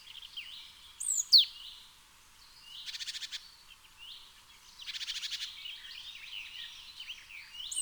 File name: Cyanistes caeruleus